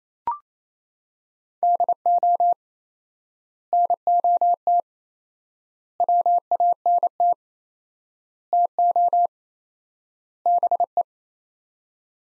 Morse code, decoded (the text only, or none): DO NOT WANT TO BE